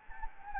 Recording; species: mosquito wingbeat signal from an infrared sensor; Anopheles gambiae